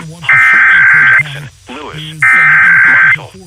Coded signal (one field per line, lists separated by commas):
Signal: Emergency Alert System (SAME) tones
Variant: header bursts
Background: speech